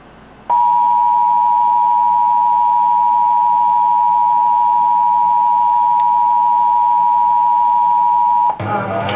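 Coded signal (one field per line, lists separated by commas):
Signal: Emergency Alert System (SAME) tones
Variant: 853 and 960 Hz attention tone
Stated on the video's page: Wisconsin AMBER Alert child abduction emergency.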